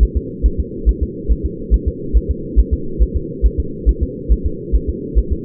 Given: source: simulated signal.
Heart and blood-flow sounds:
fetal heart sounds
0.03 s: S1
0.17 s: S2
0.46 s: S1
0.60 s: S2
0.89 s: S1
1.03 s: S2
1.32 s: S1
1.46 s: S2
1.74 s: S1
1.88 s: S2
2.17 s: S1
2.31 s: S2
2.59 s: S1
2.73 s: S2
3.02 s: S1
3.16 s: S2
3.46 s: S1
3.60 s: S2
3.89 s: S1
4.03 s: S2
4.32 s: S1
4.46 s: S2
4.75 s: S1
4.90 s: S2
5.19 s: S1
5.33 s: S2
From the record:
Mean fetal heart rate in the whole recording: 140 bpm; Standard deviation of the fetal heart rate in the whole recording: 2 bpm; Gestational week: 34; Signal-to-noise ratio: -4.3 dB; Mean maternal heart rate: 72 bpm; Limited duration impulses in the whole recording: absent

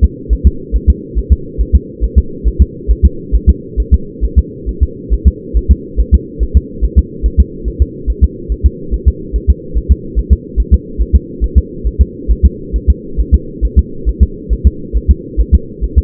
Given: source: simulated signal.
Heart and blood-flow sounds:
fetal heart sounds
0.04 s: S2
0.33 s: S1
0.47 s: S2
0.76 s: S1
0.90 s: S2
1.18 s: S1
1.33 s: S2
1.61 s: S1
1.75 s: S2
2.04 s: S1
2.18 s: S2
2.48 s: S1
2.62 s: S2
2.91 s: S1
3.05 s: S2
3.35 s: S1
3.49 s: S2
3.80 s: S1
3.94 s: S2
4.25 s: S1
4.39 s: S2
4.69 s: S1
4.83 s: S2
5.14 s: S1
5.28 s: S2
5.57 s: S1
5.71 s: S2
6.00 s: S1
6.14 s: S2
6.43 s: S1
6.57 s: S2
6.85 s: S1
6.99 s: S2
7.26 s: S1
7.40 s: S2
7.68 s: S1
7.82 s: S2
8.10 s: S1
8.24 s: S2
8.52 s: S1
8.66 s: S2
8.94 s: S1
9.08 s: S2
9.36 s: S1
9.50 s: S2
9.78 s: S1
9.92 s: S2
10.19 s: S1
10.33 s: S2
10.60 s: S1
10.74 s: S2
11.01 s: S1
11.16 s: S2
11.44 s: S1
11.58 s: S2
11.87 s: S1
12.01 s: S2
12.31 s: S1
12.45 s: S2
12.76 s: S1
12.90 s: S2
13.20 s: S1
13.34 s: S2
13.65 s: S1
13.79 s: S2
14.09 s: S1
14.23 s: S2
14.53 s: S1
14.67 s: S2
14.97 s: S1
15.11 s: S2
15.41 s: S1
15.55 s: S2
15.84 s: S1
15.98 s: S2
From the record:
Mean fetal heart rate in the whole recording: 140 bpm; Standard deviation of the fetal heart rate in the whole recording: 2 bpm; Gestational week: 34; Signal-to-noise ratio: -4.3 dB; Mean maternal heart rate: 72 bpm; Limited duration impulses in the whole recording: absent

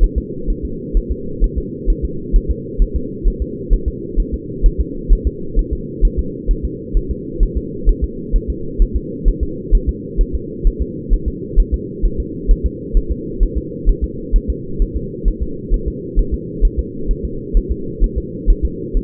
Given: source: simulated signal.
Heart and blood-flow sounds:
fetal heart sounds
0.04 s: S1
0.18 s: S2
0.50 s: S1
0.65 s: S2
0.97 s: S1
1.12 s: S2
1.44 s: S1
1.58 s: S2
1.90 s: S1
2.05 s: S2
2.36 s: S1
2.51 s: S2
2.82 s: S1
2.96 s: S2
3.28 s: S1
3.42 s: S2
3.73 s: S1
3.88 s: S2
4.20 s: S1
4.34 s: S2
4.66 s: S1
4.81 s: S2
5.12 s: S1
5.27 s: S2
5.59 s: S1
5.73 s: S2
6.05 s: S1
6.19 s: S2
6.51 s: S1
6.65 s: S2
6.97 s: S1
7.11 s: S2
7.43 s: S1
7.57 s: S2
7.89 s: S1
8.04 s: S2
8.36 s: S1
8.50 s: S2
8.82 s: S1
8.97 s: S2
9.28 s: S1
9.43 s: S2
9.75 s: S1
9.89 s: S2
10.21 s: S1
10.35 s: S2
10.67 s: S1
10.82 s: S2
11.13 s: S1
11.28 s: S2
11.60 s: S1
11.74 s: S2
12.05 s: S1
12.20 s: S2
12.51 s: S1
12.66 s: S2
12.97 s: S1
13.12 s: S2
13.43 s: S1
13.58 s: S2
13.89 s: S1
14.04 s: S2
14.36 s: S1
14.50 s: S2
14.82 s: S1
14.97 s: S2
15.28 s: S1
15.42 s: S2
15.74 s: S1
15.88 s: S2
16.19 s: S1
16.34 s: S2
16.65 s: S1
16.79 s: S2
17.11 s: S1
17.25 s: S2
17.57 s: S1
17.72 s: S2
18.04 s: S1
18.18 s: S2
18.50 s: S1
18.65 s: S2
18.97 s: S1
From the record:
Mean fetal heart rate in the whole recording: 130 bpm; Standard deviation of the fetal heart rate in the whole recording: 2 bpm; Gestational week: 38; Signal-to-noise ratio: -4.3 dB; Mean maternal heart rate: 72 bpm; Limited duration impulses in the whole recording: absent

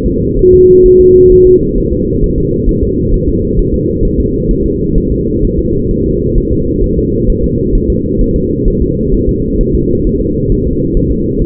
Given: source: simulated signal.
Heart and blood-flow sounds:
fetal heart sounds
0.06 s: S2
0.39 s: S1
0.54 s: S2
0.86 s: S1
1.00 s: S2
1.32 s: S1
1.47 s: S2
1.78 s: S1
1.93 s: S2
2.24 s: S1
2.38 s: S2
2.69 s: S1
2.83 s: S2
3.14 s: S1
3.29 s: S2
3.59 s: S1
3.74 s: S2
4.05 s: S1
4.20 s: S2
4.51 s: S1
4.66 s: S2
4.98 s: S1
5.12 s: S2
5.45 s: S1
5.59 s: S2
5.91 s: S1
6.06 s: S2
6.38 s: S1
6.53 s: S2
6.84 s: S1
6.99 s: S2
7.30 s: S1
7.44 s: S2
7.75 s: S1
7.90 s: S2
8.21 s: S1
8.36 s: S2
8.68 s: S1
8.82 s: S2
9.14 s: S1
9.29 s: S2
9.61 s: S1
9.75 s: S2
10.07 s: S1
10.21 s: S2
10.52 s: S1
10.67 s: S2
10.97 s: S1
11.12 s: S2
11.42 s: S1
From the record:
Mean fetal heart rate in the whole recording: 130 bpm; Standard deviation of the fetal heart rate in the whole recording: 4 bpm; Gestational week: 38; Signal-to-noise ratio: -14.7 dB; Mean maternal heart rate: 72 bpm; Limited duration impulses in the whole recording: present

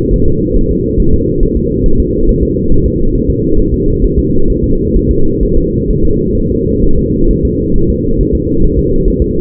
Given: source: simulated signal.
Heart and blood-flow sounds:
fetal heart sounds
0.14 s: S1
0.28 s: S2
0.57 s: S1
0.71 s: S2
1.00 s: S1
1.14 s: S2
1.43 s: S1
1.57 s: S2
1.86 s: S1
2.00 s: S2
2.29 s: S1
2.43 s: S2
2.72 s: S1
2.86 s: S2
3.15 s: S1
3.30 s: S2
3.59 s: S1
3.74 s: S2
4.04 s: S1
4.19 s: S2
4.50 s: S1
4.64 s: S2
4.96 s: S1
5.11 s: S2
5.43 s: S1
5.58 s: S2
5.90 s: S1
6.05 s: S2
6.38 s: S1
6.52 s: S2
6.84 s: S1
6.99 s: S2
7.31 s: S1
7.45 s: S2
7.76 s: S1
7.90 s: S2
8.21 s: S1
8.35 s: S2
8.65 s: S1
8.79 s: S2
9.08 s: S1
9.22 s: S2
From the record:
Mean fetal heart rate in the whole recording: 135 bpm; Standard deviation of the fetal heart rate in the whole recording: 3 bpm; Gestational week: 36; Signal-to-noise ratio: -17.7 dB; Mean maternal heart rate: 72 bpm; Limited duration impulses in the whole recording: present

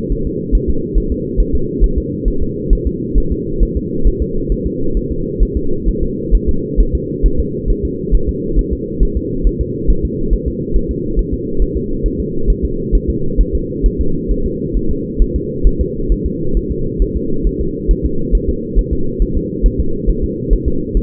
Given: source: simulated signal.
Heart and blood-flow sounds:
fetal heart sounds
0.12 s: S1
0.27 s: S2
0.55 s: S1
0.70 s: S2
0.98 s: S1
1.12 s: S2
1.40 s: S1
1.55 s: S2
1.84 s: S1
1.98 s: S2
2.28 s: S1
2.42 s: S2
2.73 s: S1
2.87 s: S2
3.18 s: S1
3.32 s: S2
3.63 s: S1
3.77 s: S2
4.07 s: S1
4.22 s: S2
4.52 s: S1
4.66 s: S2
4.97 s: S1
5.12 s: S2
5.43 s: S1
5.57 s: S2
5.89 s: S1
6.03 s: S2
6.35 s: S1
6.49 s: S2
6.80 s: S1
6.95 s: S2
7.26 s: S1
7.40 s: S2
7.70 s: S1
7.85 s: S2
8.15 s: S1
8.29 s: S2
8.59 s: S1
8.73 s: S2
9.03 s: S1
9.17 s: S2
9.47 s: S1
9.61 s: S2
9.90 s: S1
10.05 s: S2
10.33 s: S1
10.48 s: S2
10.76 s: S1
10.91 s: S2
11.19 s: S1
11.34 s: S2
11.62 s: S1
11.77 s: S2
12.06 s: S1
12.20 s: S2
12.50 s: S1
12.65 s: S2
12.95 s: S1
13.10 s: S2
13.41 s: S1
13.55 s: S2
13.86 s: S1
14.01 s: S2
14.31 s: S1
14.46 s: S2
14.77 s: S1
14.91 s: S2
15.22 s: S1
15.36 s: S2
15.67 s: S1
15.81 s: S2
16.12 s: S1
16.26 s: S2
16.57 s: S1
16.72 s: S2
17.02 s: S1
17.17 s: S2
17.47 s: S1
17.61 s: S2
17.91 s: S1
18.06 s: S2
18.35 s: S1
18.49 s: S2
18.79 s: S1
18.93 s: S2
19.22 s: S1
19.37 s: S2
19.66 s: S1
19.80 s: S2
20.10 s: S1
20.24 s: S2
20.53 s: S1
20.68 s: S2
20.97 s: S1
From the record:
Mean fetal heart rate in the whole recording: 135 bpm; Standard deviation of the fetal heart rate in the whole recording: 3 bpm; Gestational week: 36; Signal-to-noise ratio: -8.1 dB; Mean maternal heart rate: 72 bpm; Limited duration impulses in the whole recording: absent

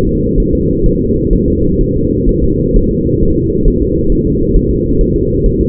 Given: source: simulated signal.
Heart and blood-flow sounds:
fetal heart sounds
0.09 s: S2
0.40 s: S1
0.55 s: S2
0.86 s: S1
1.01 s: S2
1.33 s: S1
1.48 s: S2
1.81 s: S1
1.96 s: S2
2.29 s: S1
2.44 s: S2
2.76 s: S1
2.91 s: S2
3.23 s: S1
3.37 s: S2
3.68 s: S1
3.83 s: S2
4.12 s: S1
4.27 s: S2
4.56 s: S1
4.71 s: S2
5.01 s: S1
5.16 s: S2
5.46 s: S1
5.61 s: S2
From the record:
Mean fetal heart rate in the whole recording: 130 bpm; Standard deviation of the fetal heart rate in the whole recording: 4 bpm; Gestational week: 38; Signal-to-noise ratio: -15.3 dB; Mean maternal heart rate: 72 bpm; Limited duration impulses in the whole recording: present

